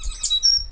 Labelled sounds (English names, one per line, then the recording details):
Stitchbird song
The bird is a male
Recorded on Tiritiri Matangi Island, New Zealand, in 2005
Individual 8, of nest box 10